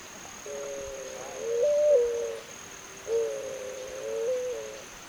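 Zenaida dove cooing in two drawn-out, mellow phrases that swell slightly and rise briefly in pitch midway, over a thin, steady high-pitched hum.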